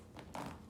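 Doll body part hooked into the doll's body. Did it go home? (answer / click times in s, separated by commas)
yes / 0.3 s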